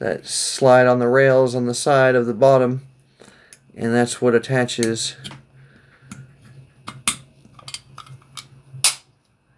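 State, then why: Seated. The metal base plate of a Beretta 92FS pistol magazine is slid onto the magazine body's two side rails, over the spring and locking plate, during reassembly after cleaning. Someone talks first, then a few quiet scrapes and sharp clicks follow as the plate slides on. It snaps into place at 8.8 s and the locking button pops back up.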